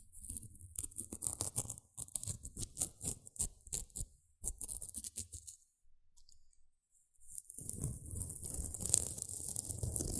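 Gentle scratching sounds come in quick, crisp strokes for the first five seconds, each with a bright hiss and a soft low thump. After a near-silent pause around six to seven seconds, a denser, steadier scraping rubs on continuously to the end.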